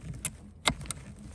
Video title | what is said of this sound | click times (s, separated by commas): 레이 차박 무시동히터 차유리 거치방법, 스팟히터X 차유리거치법 차유리 브라켓 이동식 무시동히터 거치, 차박 휴대용 무시동히터 거치법 | 소리가 나면 결합이 된 겁니다 이렇게 | 0.2 s, 0.9 s